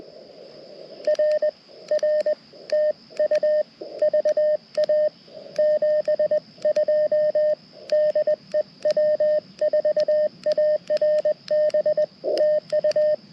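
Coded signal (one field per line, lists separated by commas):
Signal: Morse code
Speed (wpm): 20 wpm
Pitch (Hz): 610 Hz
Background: radio noise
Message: R R TU VA 72 DE W4ARB TU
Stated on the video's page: CW from a Parks on the Air activation using a Mountain Topper MTR4B V2 radio.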